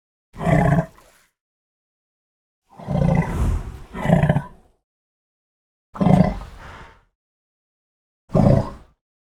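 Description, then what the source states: African elephant drinking sounds: several wet, airy bursts of deep breathy rushing, separated by silent gaps. Drinking; the sound is described as wet and airy.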